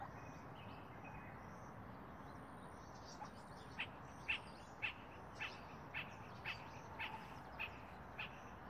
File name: Tricholaema lacrymosa - Spot-flanked Barbet